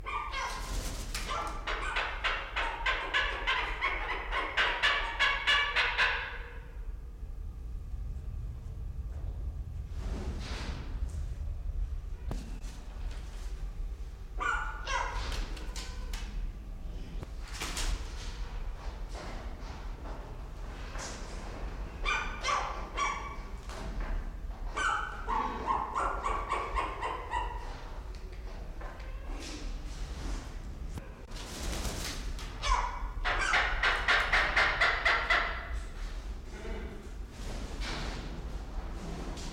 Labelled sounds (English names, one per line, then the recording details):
Malabar Pied Hornbill call
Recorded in captivity
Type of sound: call, call sequence
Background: Berenicornis comatus
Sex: female
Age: adult
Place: Zoo Berlin, Berlin, DE
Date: 1993-01-01
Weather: sonnig, -5°C
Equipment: Marantz CP 430, Sennheiser ME 80, Kopie Uher Variocord 263
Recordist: Tembrock, Günter
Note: Lautfolgen (wohl Weibchen)